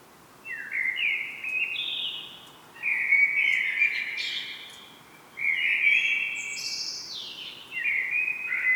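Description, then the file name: Common blackbird with several warbled phrases, each mellow and stepped in pitch, some topped by thin, high squeaky twitters, spaced by short pauses. "Turdus merula"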